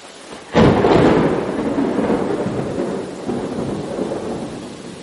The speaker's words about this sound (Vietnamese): Trời sẩm sì, mưa trút xuống, con chó không biết núp ở góc nào chợt sủa lên inh ỏi.